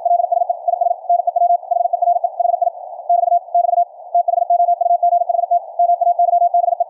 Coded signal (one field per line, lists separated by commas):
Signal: Morse code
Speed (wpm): 53 wpm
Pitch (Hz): 700 Hz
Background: radio noise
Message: LSE IS NEW HERE HI <BT> <BT> THOUGHT MAYBE